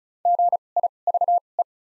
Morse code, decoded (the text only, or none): GIVE